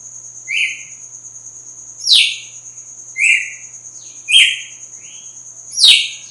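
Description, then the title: Red-cowled cardinal song: several loud whistled phrases, mixing flat notes with sharply falling slurs, over a steady high whine. Female; sings strongly at dawn after moult. "Canto Galo Campina Fêmea. GALO DE CAMPINA AÇOITA FORTE NA MADRUGADA DEPOIS DA MUDA"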